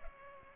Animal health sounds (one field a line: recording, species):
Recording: mosquito wingbeat signal from an infrared sensor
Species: Culex pipiens